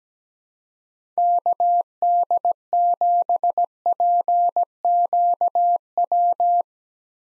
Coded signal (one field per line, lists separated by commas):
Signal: Morse code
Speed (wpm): 17 wpm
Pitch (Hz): 700 Hz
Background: none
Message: KD7PQW